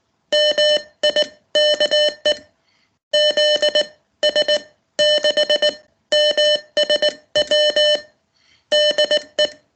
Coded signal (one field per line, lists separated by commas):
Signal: Morse code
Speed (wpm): 19 wpm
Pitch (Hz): 600 Hz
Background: none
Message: MIKE ZS6MSW DE